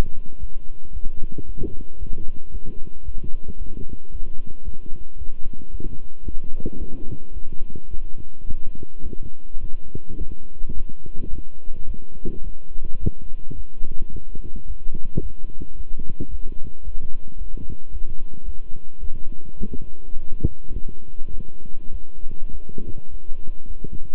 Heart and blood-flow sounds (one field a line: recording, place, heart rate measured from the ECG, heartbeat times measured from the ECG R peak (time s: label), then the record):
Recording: heart sounds by stethoscope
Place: between the tricuspid and mitral areas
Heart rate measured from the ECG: 108 bpm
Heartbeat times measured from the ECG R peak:
0.38 s: heartbeat
0.91 s: heartbeat
1.44 s: heartbeat
1.97 s: heartbeat
2.50 s: heartbeat
3.03 s: heartbeat
3.57 s: heartbeat
4.10 s: heartbeat
4.63 s: heartbeat
5.17 s: heartbeat
5.70 s: heartbeat
6.23 s: heartbeat
6.77 s: heartbeat
7.32 s: heartbeat
7.89 s: heartbeat
8.45 s: heartbeat
9.01 s: heartbeat
9.59 s: heartbeat
10.17 s: heartbeat
10.73 s: heartbeat
11.29 s: heartbeat
11.85 s: heartbeat
12.42 s: heartbeat
12.99 s: heartbeat
13.55 s: heartbeat
14.10 s: heartbeat
14.66 s: heartbeat
15.21 s: heartbeat
15.75 s: heartbeat
16.29 s: heartbeat
16.83 s: heartbeat
17.37 s: heartbeat
17.90 s: heartbeat
18.44 s: heartbeat
18.99 s: heartbeat
19.55 s: heartbeat
20.13 s: heartbeat
20.71 s: heartbeat
21.29 s: heartbeat
21.89 s: heartbeat
22.50 s: heartbeat
23.09 s: heartbeat
23.65 s: heartbeat
From the record:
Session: walking at 3.7 km/h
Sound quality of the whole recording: good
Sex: male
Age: 26 years